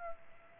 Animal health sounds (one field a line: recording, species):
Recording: mosquito wingbeat signal from an infrared sensor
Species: Culex pipiens